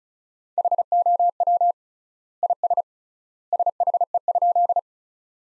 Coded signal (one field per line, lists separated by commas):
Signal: Morse code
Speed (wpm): 36 wpm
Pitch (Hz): 700 Hz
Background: none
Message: HOW IS SHE?